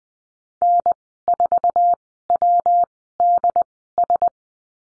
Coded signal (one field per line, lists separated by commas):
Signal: Morse code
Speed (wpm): 20 wpm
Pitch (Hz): 700 Hz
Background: none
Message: N4WDS